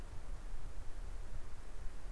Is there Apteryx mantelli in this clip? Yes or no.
no